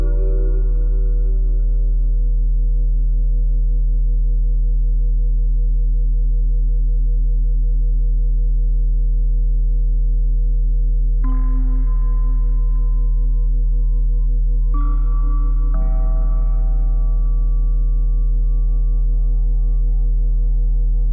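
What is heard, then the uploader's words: Sustained, ringing tones in the manner of a singing bowl, built from several steady pitches layered over a strong low hum. The sound holds evenly, then new bright strikes enter near 11, 15 and 16 seconds, each adding higher ringing tones that linger. 174Hz+417Hz+741Hz.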